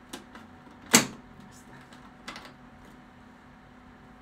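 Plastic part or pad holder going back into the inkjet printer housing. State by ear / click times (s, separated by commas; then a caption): seated / 1.0 s. After replacing the waste ink pads in an Epson inkjet printer, a plastic part or pad holder is pushed back into the printer housing. A sharp, loud snap at 0.95 s stands well above the quiet background, with fainter taps around 0.1 s and 2.3 s. The part clicks in and is seated in place.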